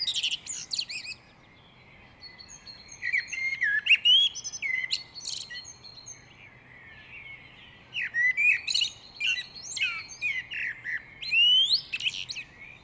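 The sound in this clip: Great tit calls: bursts of high, varied chirps and short twittering notes in three clusters separated by quiet gaps.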